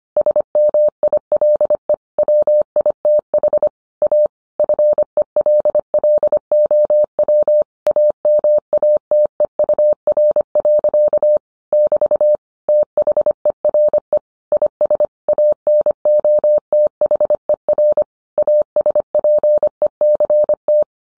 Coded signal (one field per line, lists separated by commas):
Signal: Morse code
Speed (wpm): 25 wpm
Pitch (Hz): 600 Hz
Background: none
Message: SMILE WITH A FELLOW AMATEUR. <BT> THERE IS ANOTHER ASPECT